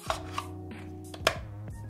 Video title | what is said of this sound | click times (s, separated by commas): DJI Mavic Mini Fly More Combo Unboxing - Get a Close Look | And then it clicks in place. | 1.3 s